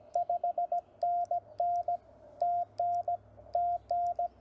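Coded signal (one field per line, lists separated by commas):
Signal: Morse code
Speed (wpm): 16 wpm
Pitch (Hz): 690 Hz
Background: radio noise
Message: 5NN TN TN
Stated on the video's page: Morse sent during a park activation from a TR45L Skinny radio with a Bamatech TP III key into an MC-750 vertical whip with four radials, mistakes included.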